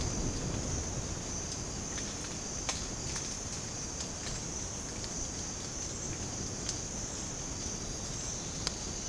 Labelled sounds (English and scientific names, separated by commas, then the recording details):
none
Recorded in dense forest near Puerto Asís, Putumayo, Colombia, on 30 June 2025 at 07:00
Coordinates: 0.486, -76.317
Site G065